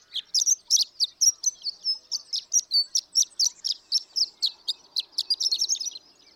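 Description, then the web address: Horned lark song of quick, high, tinkling notes and buzzy slurs, evenly spaced and running for about six seconds. "birdsongforthecurious Horned Lark"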